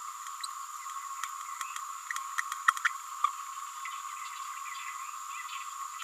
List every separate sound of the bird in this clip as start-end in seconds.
2.84-2.89